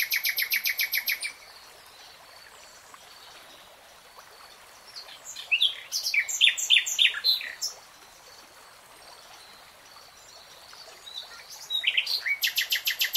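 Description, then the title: Nightingale singing varied phrases: a rapid repeated-note trill, a jumble of rich chirps and whistles, then another rapid repeated-note trill. "[Tiếng chim hót] Nightingale Singing"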